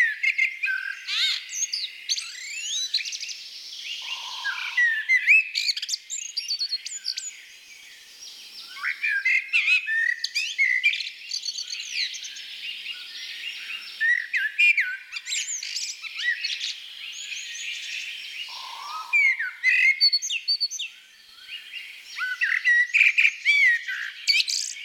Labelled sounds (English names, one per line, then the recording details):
Common Blackbird song
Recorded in the wild
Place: Oberrotweil am Kaiserstuhl, Baden-Württemberg, DE
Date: 1984-04-28
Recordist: Schwarz, Dieter
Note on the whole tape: Song